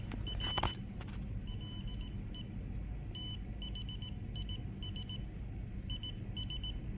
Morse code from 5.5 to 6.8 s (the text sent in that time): IS